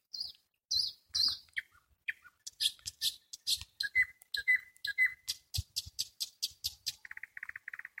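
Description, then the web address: Nightingale singing varied phrases, high whistled notes leading into dry clicks, a few pure piping notes, then a rapid even series of sharp ticks at the end. "spiew slowika slowik wiejski"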